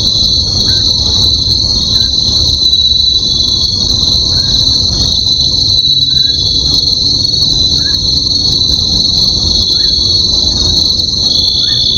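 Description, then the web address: Bell cricket song, a steady high, ringing insect trill held throughout, with several short soft chirps recurring and a low background rumble. "sikioto insect suzumushi"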